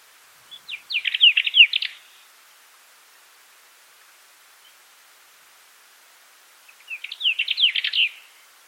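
Bird calling in two rapid bursts of sharp, high chirps, separated by a long silence.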